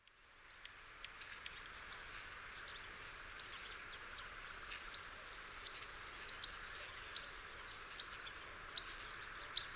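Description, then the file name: Zitting cisticola repeating a piercing, high 'zip' note thirteen times at a steady pace. A faint hiss continues lower in the background. "Cisticola juncidis"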